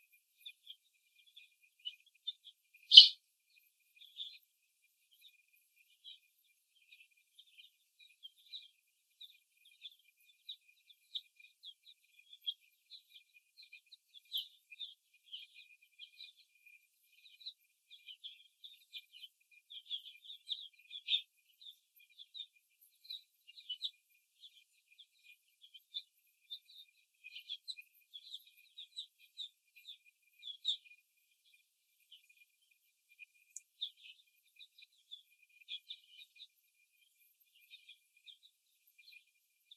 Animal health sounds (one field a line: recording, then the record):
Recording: young laying hens in a cage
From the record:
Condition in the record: before the stressor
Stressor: simulated dog barking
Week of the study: 1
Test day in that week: 2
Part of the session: 3